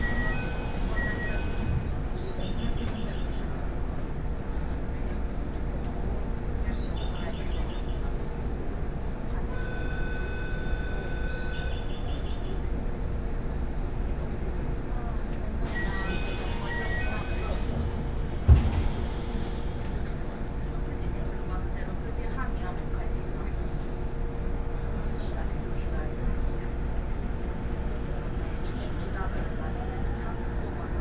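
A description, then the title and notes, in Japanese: A ride aboard a train on the Aonami and Higashiyama lines, with a steady low rumble of the moving carriage filling the whole clip. Short tonal chimes or announcement tones appear around the start, near ten seconds and again around sixteen, with faint voices underneath and a sharp clunk just past eighteen seconds. 鉄道旅 あおなみ線・東山線 金城ふ頭→荒子・高畑→名古屋。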